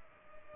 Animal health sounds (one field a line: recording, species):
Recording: mosquito wingbeat signal from an infrared sensor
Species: Culex pipiens